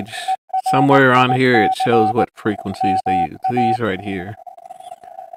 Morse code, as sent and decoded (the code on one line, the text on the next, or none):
. .-. .. -.-. / -- .-
ERIC MA